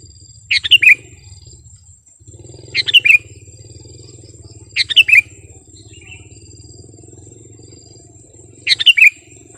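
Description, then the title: Sooty-headed bulbul song: four short, bubbly descending phrases spaced a few seconds apart, over a steady high-pitched whine and a low rumbling hum. "kutilang"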